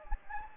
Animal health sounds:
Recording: mosquito wingbeat signal from an infrared sensor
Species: Anopheles gambiae

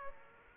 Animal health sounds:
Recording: mosquito wingbeat signal from an infrared sensor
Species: Aedes aegypti

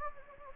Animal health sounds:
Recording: mosquito wingbeat signal from an infrared sensor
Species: Anopheles gambiae

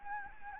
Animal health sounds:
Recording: mosquito wingbeat signal from an infrared sensor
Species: Anopheles gambiae

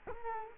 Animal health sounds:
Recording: mosquito wingbeat signal from an infrared sensor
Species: Culex quinquefasciatus

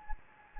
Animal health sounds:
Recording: mosquito wingbeat signal from an infrared sensor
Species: Anopheles gambiae

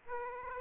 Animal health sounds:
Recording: mosquito wingbeat signal from an infrared sensor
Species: Aedes aegypti

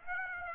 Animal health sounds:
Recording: mosquito wingbeat signal from an infrared sensor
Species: Aedes aegypti

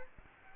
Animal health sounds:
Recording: mosquito wingbeat signal from an infrared sensor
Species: Aedes aegypti

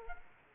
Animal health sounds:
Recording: mosquito wingbeat signal from an infrared sensor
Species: Aedes aegypti

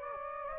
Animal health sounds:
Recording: mosquito wingbeat signal from an infrared sensor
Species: Anopheles gambiae

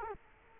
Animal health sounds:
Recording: mosquito wingbeat signal from an infrared sensor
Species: Culex quinquefasciatus

